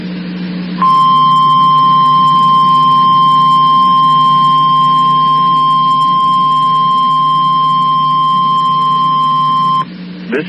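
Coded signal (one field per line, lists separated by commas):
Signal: Emergency Alert System (SAME) tones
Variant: 1050 Hz attention tone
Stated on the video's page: Weekly tests recorded on the road.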